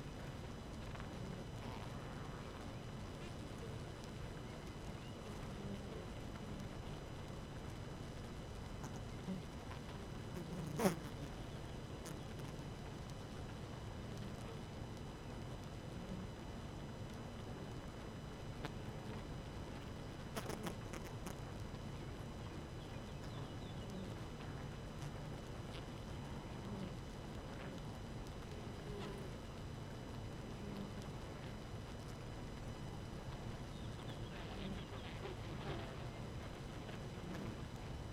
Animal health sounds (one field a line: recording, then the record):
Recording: honeybee colony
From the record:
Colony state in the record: active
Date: 12 June 2018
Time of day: 4:45